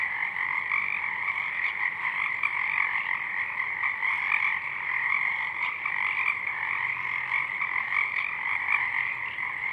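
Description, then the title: Pacific chorus frog: a thick chorus of Pacific chorus frogs, overlapping short raspy croaks running continuously with a steady, even intensity. Many frogs calling at dusk in full chorus; double mid-side recording downmixed to stereo. "Pacific Chorus Frogs (Pseudacris regilla), dusk"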